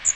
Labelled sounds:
Magnolia Warbler (Setophaga magnolia) flight call

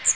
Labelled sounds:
Magnolia Warbler (Setophaga magnolia) flight call

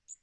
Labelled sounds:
Magnolia Warbler (Setophaga magnolia) flight call

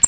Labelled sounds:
American Redstart (Setophaga ruticilla) flight call

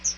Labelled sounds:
Chestnut-sided Warbler (Setophaga pensylvanica) flight call

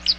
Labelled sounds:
Chestnut-sided Warbler (Setophaga pensylvanica) flight call

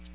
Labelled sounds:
American Redstart (Setophaga ruticilla) flight call

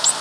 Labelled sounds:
Blue-winged Warbler (Vermivora cyanoptera) flight call

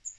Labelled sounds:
Cape May Warbler (Setophaga tigrina) flight call

